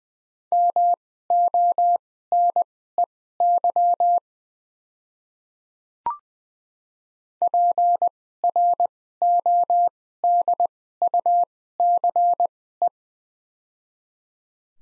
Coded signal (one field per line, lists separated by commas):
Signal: Morse code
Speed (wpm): 21 wpm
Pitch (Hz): 700 Hz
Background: none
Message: MONEY PRODUCE